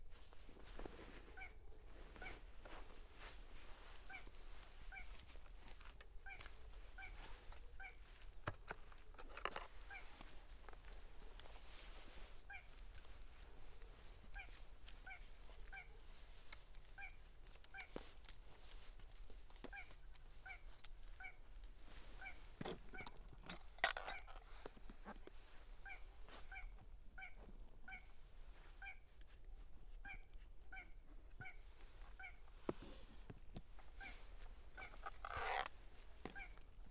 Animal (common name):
Little Crake